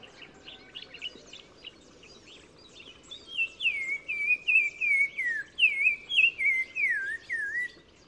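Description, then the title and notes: Black-crowned tchagra whistling a falling series of slurred, clear notes, given twice, after a quieter start. Recorded 15 March 2000 in spring at Oued Massa, Morocco, in gardens around Zaouit Massa village at the river mouth; bird singing in hedges and bushes; repeated phrase; Nagra Ares-BB with Telinga Pro6. "OISEAU TELEPHONE. 15 mars 2000-Oued Massa - Maroc. le Téléphone tchagra (Tchagra senegalus - Black-crowned Tchagra) qui se fait remarquer par sa phrase répétée du plus bel effet"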